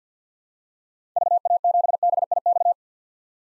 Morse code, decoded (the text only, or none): VA7BIX